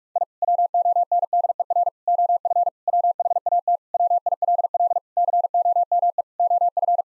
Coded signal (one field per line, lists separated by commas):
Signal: Morse code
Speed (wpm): 44 wpm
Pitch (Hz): 700 Hz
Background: none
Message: I WONDER OF WHAT WILL COME OF